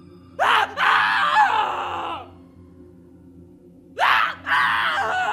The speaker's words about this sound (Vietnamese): Thế nhưng nụ cười trên môi của anh chưa kịp nở đã vội thay thế bằng cái sự hoang mang. Bởi tiếng thét của Kỳ thất thanh đã vang lên từ bên trong.